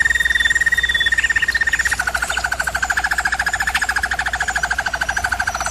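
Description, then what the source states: German Roller canary song: a smooth, steady rolling trill that drops slightly in pitch after two seconds into a faster pulsed roll, continuing unbroken to the end. German Roller canary singing, for canary training.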